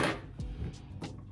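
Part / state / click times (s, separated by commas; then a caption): aromatherapy pad tray into humidifier base / not seated / none. A plastic essential-oil pad tray is handled and tucked back toward its slot in the base of a Homvana humidifier with oil diffuser, over background music. Only soft handling knocks are heard, and the tray has not locked or seated yet.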